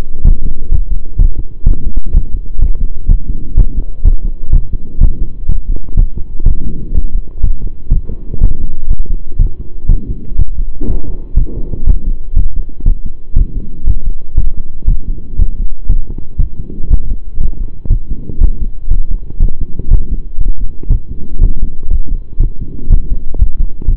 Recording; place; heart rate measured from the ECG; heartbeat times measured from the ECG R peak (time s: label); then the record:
heart sounds by stethoscope; between the tricuspid and mitral areas; 122 bpm
0.24 s: heartbeat
0.71 s: heartbeat
1.18 s: heartbeat
1.66 s: heartbeat
2.14 s: heartbeat
2.61 s: heartbeat
3.09 s: heartbeat
3.57 s: heartbeat
4.04 s: heartbeat
4.52 s: heartbeat
5.00 s: heartbeat
5.48 s: heartbeat
5.97 s: heartbeat
6.45 s: heartbeat
6.94 s: heartbeat
7.43 s: heartbeat
7.91 s: heartbeat
8.41 s: heartbeat
8.89 s: heartbeat
9.39 s: heartbeat
9.89 s: heartbeat
10.38 s: heartbeat
10.87 s: heartbeat
11.36 s: heartbeat
11.86 s: heartbeat
12.35 s: heartbeat
12.85 s: heartbeat
13.36 s: heartbeat
13.86 s: heartbeat
14.36 s: heartbeat
14.87 s: heartbeat
15.38 s: heartbeat
15.88 s: heartbeat
16.38 s: heartbeat
16.90 s: heartbeat
17.39 s: heartbeat
17.89 s: heartbeat
18.40 s: heartbeat
18.90 s: heartbeat
19.39 s: heartbeat
19.90 s: heartbeat
20.40 s: heartbeat
20.90 s: heartbeat
21.41 s: heartbeat
21.90 s: heartbeat
22.39 s: heartbeat
22.89 s: heartbeat
23.38 s: heartbeat
23.87 s: heartbeat
From the record:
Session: pedaling a stationary bicycle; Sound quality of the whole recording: saturated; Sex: male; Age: 23 years